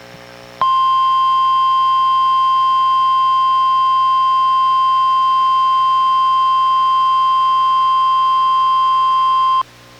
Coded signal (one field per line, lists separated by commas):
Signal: Emergency Alert System (SAME) tones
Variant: 1050 Hz attention tone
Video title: EAS #1024: NWR Required Weekly Test- Nov. 13, 2024- 11:02AM PST